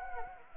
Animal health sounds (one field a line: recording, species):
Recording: mosquito wingbeat signal from an infrared sensor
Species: Anopheles gambiae